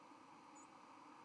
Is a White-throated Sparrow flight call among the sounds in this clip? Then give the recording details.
no. Another species' flight call is heard. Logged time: 08:34 on 31 October 2014